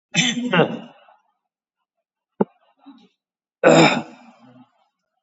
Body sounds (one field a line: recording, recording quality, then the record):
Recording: heavy voluntary cough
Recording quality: excellent, no background noise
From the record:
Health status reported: exposed to COVID-19, no respiratory illness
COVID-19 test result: negative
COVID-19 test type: RT-PCR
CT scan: taken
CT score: 7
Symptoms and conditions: cough, sore throat, fatigue, loss of smell and taste, diabetes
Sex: male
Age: 81 years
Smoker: no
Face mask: worn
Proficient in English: yes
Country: India